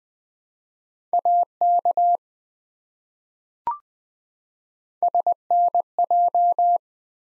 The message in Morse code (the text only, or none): AK SNJ